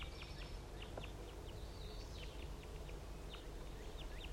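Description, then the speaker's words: Crossbills chittering, many faint short chips and twitters scattered throughout from several birds, over a steady low rumble of background noise. Crossbills chittering in trees around and above a net site. "The crossbills are in the trees around the net site and they're just chittering"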